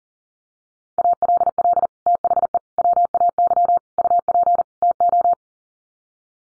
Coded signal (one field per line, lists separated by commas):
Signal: Morse code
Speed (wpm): 40 wpm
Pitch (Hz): 700 Hz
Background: none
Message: ALL THE WAY UP TO